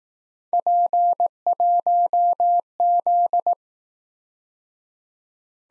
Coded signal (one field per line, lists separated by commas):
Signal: Morse code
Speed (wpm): 18 wpm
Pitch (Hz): 700 Hz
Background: none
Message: P1Z